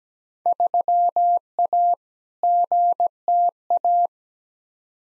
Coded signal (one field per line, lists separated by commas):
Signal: Morse code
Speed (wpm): 17 wpm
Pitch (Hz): 700 Hz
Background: none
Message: 3A GTA